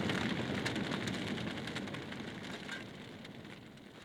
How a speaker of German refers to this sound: Feuer! Feuer! Das Theater brennt!